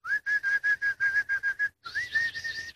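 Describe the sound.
A boy whistles in imitation of a bulbul's song: a quick run of about ten short, even chirps, a brief pause, then a longer rising, warbling trill, clear and moderately loud with no talking.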